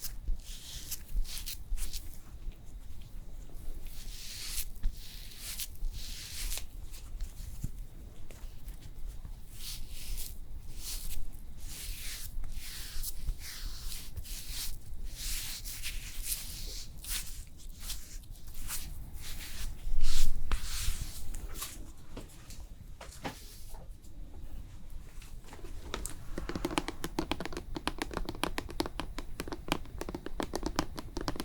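A cooling spa facial treatment: short hissy bursts and soft rustles come and go irregularly over a low steady hum. A louder bump lands around the twentieth second, and from about 26 seconds on, quick dense tapping and clicking take over.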